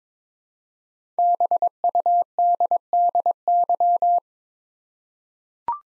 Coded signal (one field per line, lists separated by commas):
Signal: Morse code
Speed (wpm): 22 wpm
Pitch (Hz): 700 Hz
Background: none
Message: BUDDY